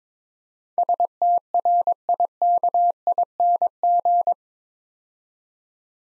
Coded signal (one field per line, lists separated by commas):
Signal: Morse code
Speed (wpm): 21 wpm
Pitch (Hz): 700 Hz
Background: none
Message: STRIKING